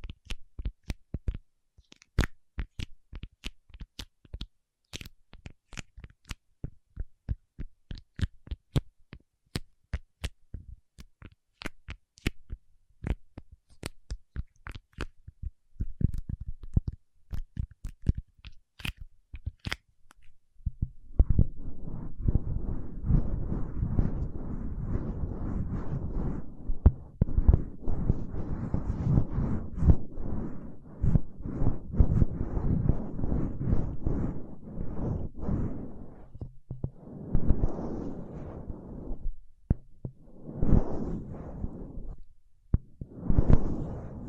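Paraffin wax being tapped and then scratched. For the first twenty seconds come sharp, bright taps at a quick, fairly even pace with silence between them. After that a dense, rough scraping takes over, lower and continuous, with brief pauses near the end.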